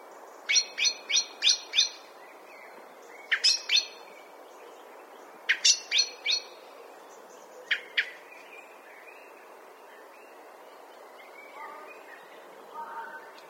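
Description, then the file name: Common blackbird giving sharp metallic chink notes in quick bursts of two to five, separated by pauses, with faint softer calls near the end. "Turdus merula"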